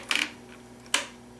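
The wire shutoff arm on a Whirlpool 5-pin-connector freezer ice maker is lifted gently upward, with a short cluster of light clicks and rattles around 0.1–0.2 s. A single sharp click at 0.9 s follows as the arm seats into its off detent, turning the ice maker off.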